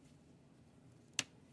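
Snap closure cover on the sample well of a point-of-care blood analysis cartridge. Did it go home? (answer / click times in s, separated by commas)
yes / 1.2 s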